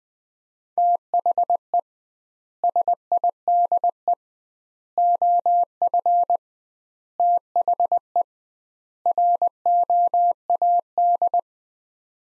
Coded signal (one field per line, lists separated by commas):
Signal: Morse code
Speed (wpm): 20 wpm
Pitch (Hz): 700 Hz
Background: none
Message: THE SIDE OF THE ROAD